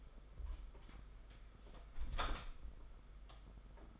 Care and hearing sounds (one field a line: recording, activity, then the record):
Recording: daily activity, microphone in the room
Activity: close door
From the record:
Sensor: 5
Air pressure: 991.8 hPa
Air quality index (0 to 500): 129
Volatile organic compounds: 66 ppm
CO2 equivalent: 3481 ppm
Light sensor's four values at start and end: 34/112/42/45 and 34/112/42/45